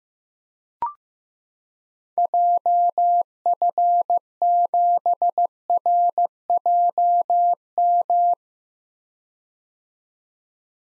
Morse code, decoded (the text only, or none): JF7RJM